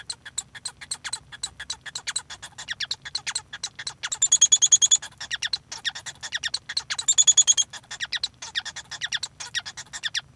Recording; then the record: song of a male Bengalese finch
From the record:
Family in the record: son of father 1